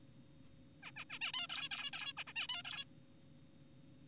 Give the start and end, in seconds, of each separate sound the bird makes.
0.83-0.91, 0.96-1.05, 1.10-1.19, 1.21-1.32, 1.34-1.48, 1.50-1.69, 1.71-1.91, 1.93-2.13, 2.17-2.24, 2.27-2.33, 2.36-2.47, 2.49-2.62, 2.65-2.85